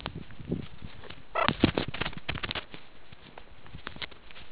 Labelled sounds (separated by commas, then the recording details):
meerkat close call
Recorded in the Kuruman River Reserve, South Africa
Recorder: an audio tag on a meerkat's collar